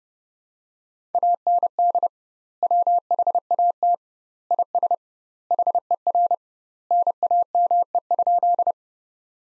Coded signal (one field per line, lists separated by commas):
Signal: Morse code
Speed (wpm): 30 wpm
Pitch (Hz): 700 Hz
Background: none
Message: AND WHAT IS HER NAME?